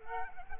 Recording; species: mosquito wingbeat signal from an infrared sensor; Culex quinquefasciatus